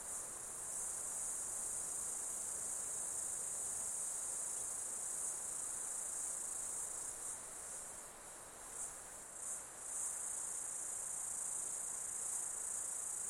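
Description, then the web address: Insects in a dense, steady high-pitched buzzing drone that holds almost unbroken throughout, dipping briefly a few times near the end, with a faint broad background hiss. Insect ambience in an Australian summer, outdoors. "Foundation 1 AMBIENCE AUSTRALIAN SUMMER INSECTS"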